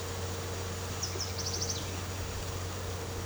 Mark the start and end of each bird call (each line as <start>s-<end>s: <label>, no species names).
0.99s-1.87s: bird call